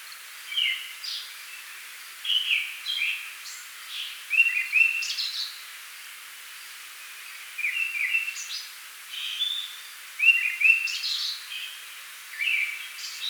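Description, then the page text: Tickell's thrush song: short phrases of clear, fluty whistled notes, some rising or falling, delivered in bursts separated by short pauses. "Tickells Thrush Song. Quick Sounds"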